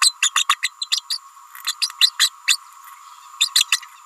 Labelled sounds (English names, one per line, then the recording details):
Green-rumped Parrotlet babbling
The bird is a female
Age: 29 days
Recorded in a nest box in Venezuela
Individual 17B31A3